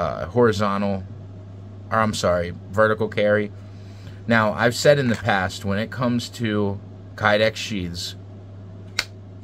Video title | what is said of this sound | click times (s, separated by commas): Reiff Knives F4 Bushcrafter in CPM 3V | I love the positive clip it's got a decent thumb ramp there that's not Sharp | 9.0 s